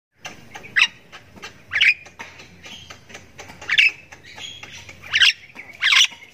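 Myna giving several harsh, grating bursts at irregular intervals, with quieter chatter and a low hum between them.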